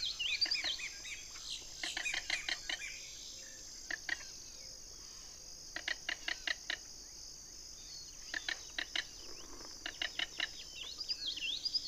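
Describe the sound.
King rail calling in repeated bursts of rapid, dry kek notes, several bursts throughout, with a whistling songbird at start and end and constant insect buzz.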